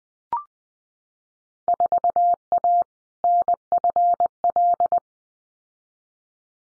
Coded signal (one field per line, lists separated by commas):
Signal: Morse code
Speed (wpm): 20 wpm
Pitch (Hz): 700 Hz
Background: none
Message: 4A NFL